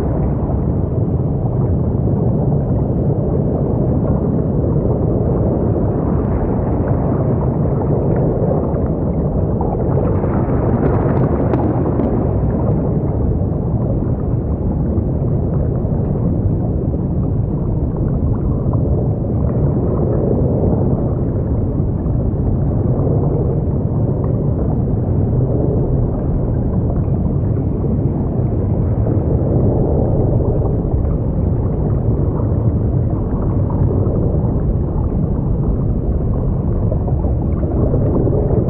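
Deep underwater currents murmur in a steady, dense low rumble, with a brief brighter swell around ten seconds and faint gurgling throughout.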